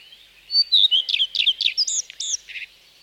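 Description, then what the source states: Common redstart song: a brief opening note, then a quick varied jumble of squeaky, looping phrases lasting about two seconds. Recorded in park and garden.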